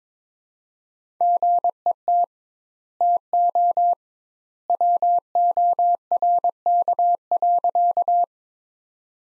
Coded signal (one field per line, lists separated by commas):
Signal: Morse code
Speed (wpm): 21 wpm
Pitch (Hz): 700 Hz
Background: none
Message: GET TO WORK.